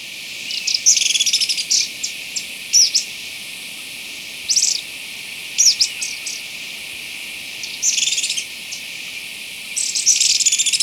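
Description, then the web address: Agile tit-tyrant making high twittering trills and sharp chips in several clusters, with brief pauses between bursts and a constant soft hiss. Recorded in Ecuador, South America. "Birds of Ecuador 2. Agile Tit-Tyrant"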